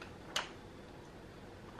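A plastic air hose connector is slid over an inflation pump nozzle and twisted clockwise until it locks. A single sharp click sounds at 0.4 seconds, with only faint ticks before and after. The connector is seated and locked onto the pump.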